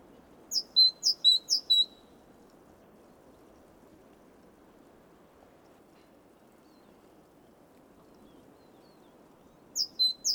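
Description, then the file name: Great tit giving a short burst of ringing two-note phrases, then long quiet with only low hiss, and a brief return of the same phrases at the end. "Parus major"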